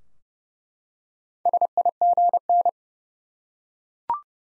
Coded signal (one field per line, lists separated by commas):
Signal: Morse code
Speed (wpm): 30 wpm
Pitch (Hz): 700 Hz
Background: none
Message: SIGN